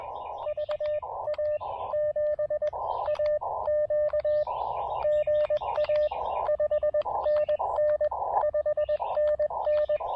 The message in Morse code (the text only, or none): VA7AQ GA 5NN 5NN